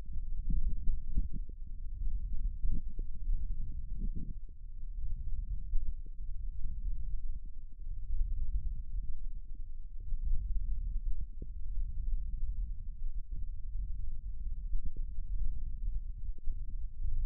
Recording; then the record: forearm muscle sounds (acoustic myography)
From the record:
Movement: thumb flexion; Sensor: system 1, eight BSWA MPA416 microphones around the upper forearm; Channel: 8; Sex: male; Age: 18 years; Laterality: right